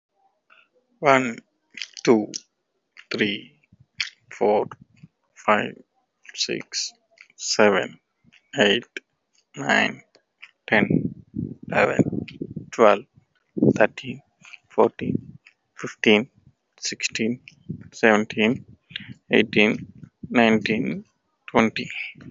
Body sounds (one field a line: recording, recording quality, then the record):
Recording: counting at a normal pace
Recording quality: excellent, no background noise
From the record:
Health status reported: COVID-19 positive, no symptoms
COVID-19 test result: positive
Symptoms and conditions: cough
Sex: male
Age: 30 years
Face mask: not worn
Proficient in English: yes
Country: India